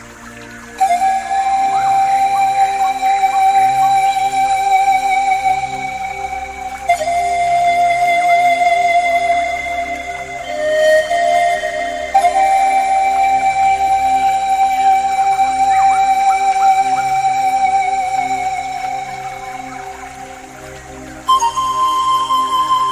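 Pan flute plays long, sustained notes with a soft, breathy tone, each held for several seconds before shifting pitch, with changes near 7, 11, 12 and 21 seconds. Each note swells slightly and then fades. A quiet, steady murmur sits low underneath.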